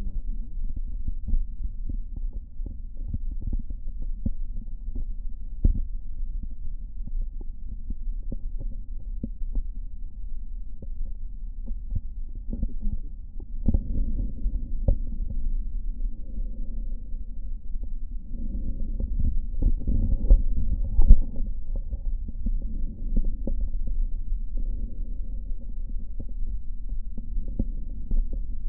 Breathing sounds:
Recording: lung sounds by stethoscope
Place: right posterior apical chest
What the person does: quiet breathing, then deep breathing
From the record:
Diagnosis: none (healthy)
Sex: male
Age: 35 years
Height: 186 cm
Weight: 108 kg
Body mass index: 31.2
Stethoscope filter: diaphragm mode

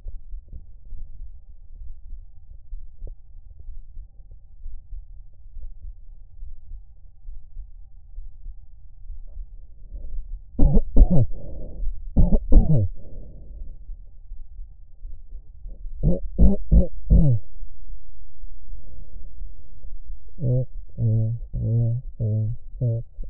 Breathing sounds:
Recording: lung sounds by stethoscope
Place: right anterior apical chest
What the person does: quiet breathing, then cough and speech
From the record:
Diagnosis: none (healthy)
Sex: male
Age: 30 years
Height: 190 cm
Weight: 88 kg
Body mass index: 24.4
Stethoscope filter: extended mode

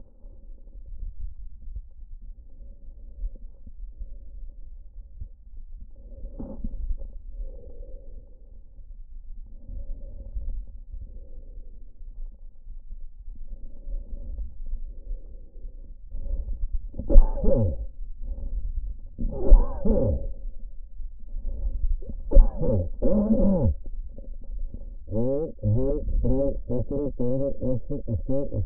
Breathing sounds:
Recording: lung sounds by stethoscope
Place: trachea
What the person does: quiet breathing, then cough and speech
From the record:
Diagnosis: pulmonary infection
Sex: male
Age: 54 years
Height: 187 cm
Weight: 95 kg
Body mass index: 27.2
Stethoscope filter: diaphragm mode

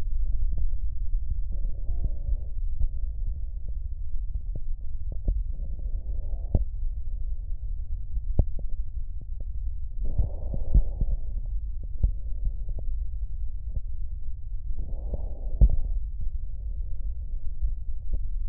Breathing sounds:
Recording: lung sounds by stethoscope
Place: left posterior basal chest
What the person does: quiet breathing, then deep breathing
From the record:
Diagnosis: COPD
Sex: female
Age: 75 years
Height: 155 cm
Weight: 67.6 kg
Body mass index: 28.1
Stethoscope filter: extended mode

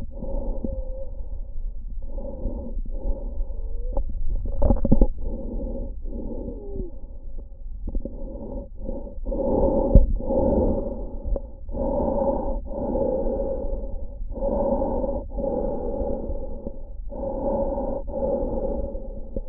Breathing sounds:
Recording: lung sounds by stethoscope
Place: trachea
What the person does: quiet breathing, then deep breathing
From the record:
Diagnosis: COPD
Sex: male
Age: 69 years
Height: 162 cm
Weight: 124.8 kg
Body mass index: 47.6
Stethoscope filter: diaphragm mode

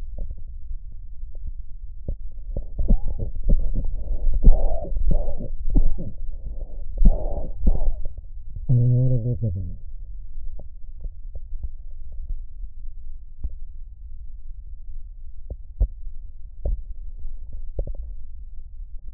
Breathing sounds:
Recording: lung sounds by stethoscope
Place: right posterior basal chest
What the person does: quiet breathing, then cough and speech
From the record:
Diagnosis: COPD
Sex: male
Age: 77 years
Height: 172 cm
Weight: 94 kg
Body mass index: 31.8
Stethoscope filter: extended mode

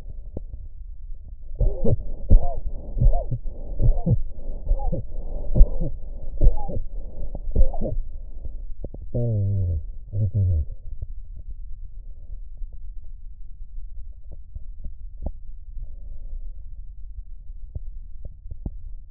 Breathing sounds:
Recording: lung sounds by stethoscope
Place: left posterior basal chest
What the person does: quiet breathing, then cough and speech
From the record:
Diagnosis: interstitial lung disease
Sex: male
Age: 65 years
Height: 161 cm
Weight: 74.6 kg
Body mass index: 28.8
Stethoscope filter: extended mode

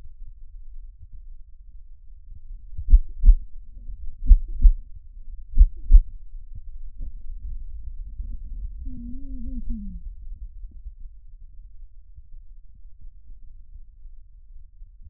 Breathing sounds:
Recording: lung sounds by stethoscope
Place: right anterior apical chest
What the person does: quiet breathing, then cough and speech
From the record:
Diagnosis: interstitial lung disease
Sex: male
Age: 47 years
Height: 159 cm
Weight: 66.8 kg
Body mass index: 26.4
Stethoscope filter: bell mode

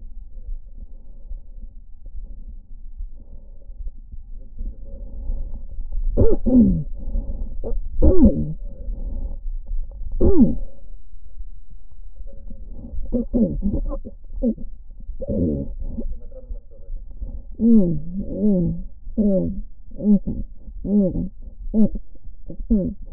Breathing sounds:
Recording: lung sounds by stethoscope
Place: right anterior apical chest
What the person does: quiet breathing, then cough and speech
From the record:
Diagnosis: interstitial lung disease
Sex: female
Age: 72 years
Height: 153 cm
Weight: 71 kg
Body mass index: 30.3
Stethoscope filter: diaphragm mode

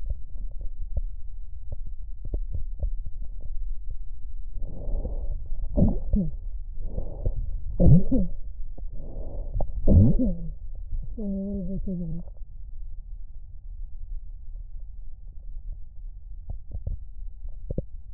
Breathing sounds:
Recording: lung sounds by stethoscope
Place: left posterior basal chest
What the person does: quiet breathing, then cough and speech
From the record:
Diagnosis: interstitial lung disease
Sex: female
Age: 65 years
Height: 156 cm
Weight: 66.8 kg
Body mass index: 27.4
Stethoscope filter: extended mode

